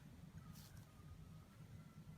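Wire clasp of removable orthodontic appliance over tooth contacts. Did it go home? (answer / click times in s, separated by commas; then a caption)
no / none. A thumb guides the soldered wire clasp of a removable orthodontic appliance over the tooth contacts while it is being handled. Only a steady low rumble is heard, with a faint brief hiss around 0.6 s. Nothing has seated or snapped over the contacts yet.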